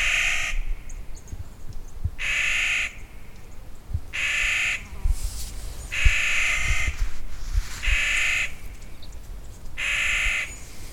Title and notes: a summer band of Clark's Nutcrackers -- counter singing -- close cohorts of the endangered WHITEBARK Pines, great NESTOR of the Pacific NORTHWEST